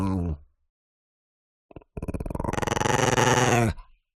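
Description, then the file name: Chihuahua growl, a short low rumble at the start, silence, then a louder throaty snarl with a creaking, rasping quality lasting nearly two seconds. Chihuahua dog growling. "smartsound ANIMAL DOG Chihuahua"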